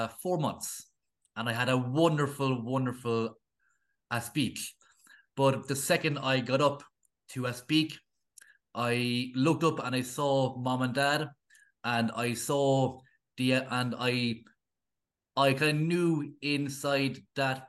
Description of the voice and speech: A person who stutters.